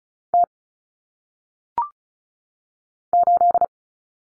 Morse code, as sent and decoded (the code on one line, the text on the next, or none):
- / ---..
T 8